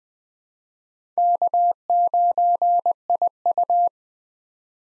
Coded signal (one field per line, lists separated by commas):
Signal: Morse code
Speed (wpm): 20 wpm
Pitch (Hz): 700 Hz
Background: none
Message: K9IU